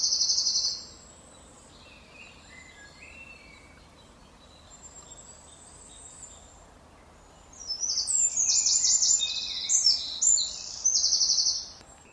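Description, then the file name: Eurasian wren song, a brief high trill opening, softer twittering notes, then a long loud burst of rapid, rattling trills near the end. "Troglodytes troglodytes"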